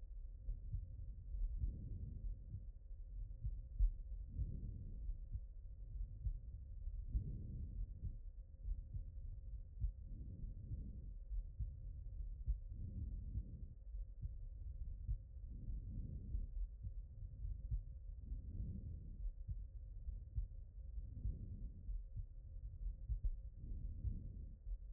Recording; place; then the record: heart sounds by stethoscope; aortic valve (AV)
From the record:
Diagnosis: HFrEF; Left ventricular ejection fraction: 22%